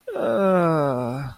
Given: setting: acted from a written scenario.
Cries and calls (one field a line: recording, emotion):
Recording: vocal sound without words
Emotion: embarrassment